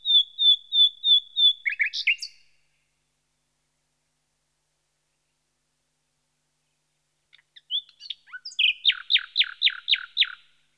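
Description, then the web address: Common nightingale song: a series of pure repeated whistles, then a long pause, then a phrase of quick varied notes and loud repeated chirps. "The BBC Sound Effects Library. Nightingale"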